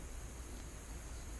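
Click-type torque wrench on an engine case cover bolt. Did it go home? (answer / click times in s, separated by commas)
no / none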